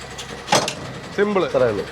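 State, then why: Seated. The automatic lock of a trailer tipper's fifth-wheel coupling drops into place by itself when the unit strikes, with a short knock at 0.5 s followed by a fainter one at 0.7 s. Someone then talks. The lock has seated.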